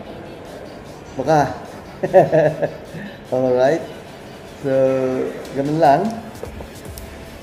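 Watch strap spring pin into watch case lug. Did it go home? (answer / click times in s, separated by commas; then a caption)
yes / 7.0 s. Someone talks while pressing the spring pin of an interchangeable strap from a Casio G-Shock DWE-5600HG series interchangeable bezel set into the watch case lugs. A sharp, short click is heard at 7.0 s as the strap pin seats and locks into place.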